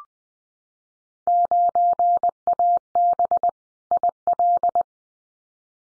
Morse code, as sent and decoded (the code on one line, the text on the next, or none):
----. .- -... / .. .-..
9AB IL